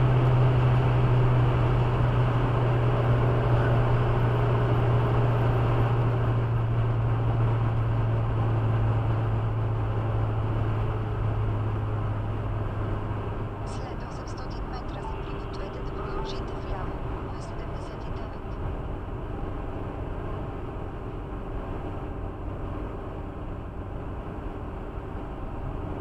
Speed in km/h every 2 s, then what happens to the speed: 117, 114, 112, 109, 105, 102, 97, 94, 91, 89, 87, 87, 86.
0-17 slows to 89. 17-26 steady at about 87.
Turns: none.